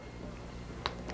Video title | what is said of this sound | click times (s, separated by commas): 1990's Infomercial - As Seen on TV - Perfect Hair, with Alex Roldan | Listen for that snap so you know it's secure. | 0.9 s